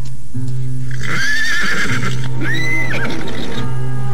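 A horse being driven slowly into a village whinnies loudly twice, high wavering cries over a steady low hum, with faint hoof clops in the background and no one speaking.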